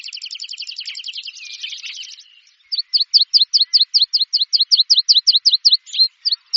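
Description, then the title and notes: Bird song: a fast buzzy rattling trill for about two seconds, then a rapid steady series of sharp high descending notes. "Bird Sound. Kicau Burung Lengkap"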